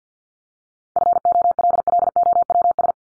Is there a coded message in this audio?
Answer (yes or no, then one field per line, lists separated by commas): yes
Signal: Morse code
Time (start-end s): 1.0-2.9 s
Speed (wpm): 50 wpm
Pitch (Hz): 700 Hz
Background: none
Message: FOLLOWS